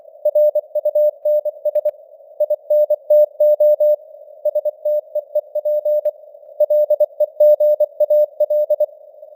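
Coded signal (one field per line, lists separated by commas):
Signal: Morse code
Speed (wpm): 24 wpm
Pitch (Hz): 600 Hz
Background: none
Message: RUNS INTO STEEP LEGAL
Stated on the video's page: Simulated news headlines in Morse at 24 wpm with simulated radio noise and fading signal strength.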